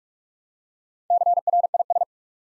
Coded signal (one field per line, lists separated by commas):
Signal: Morse code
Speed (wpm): 44 wpm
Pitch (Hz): 700 Hz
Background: none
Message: CRIS